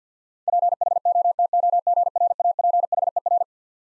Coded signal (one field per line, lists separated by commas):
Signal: Morse code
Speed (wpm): 50 wpm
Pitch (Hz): 700 Hz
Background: none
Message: PHOTOGRAPHER